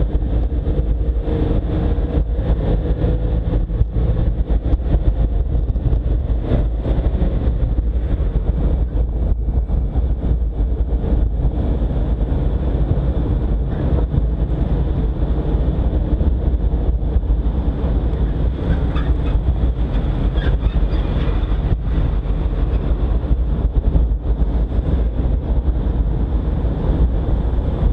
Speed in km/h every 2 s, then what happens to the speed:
38, 41, 43, 41, 39, 40, 41, 39, 35, 36, 37, 38, 37, 36.
0-28 steady at about 38.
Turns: none.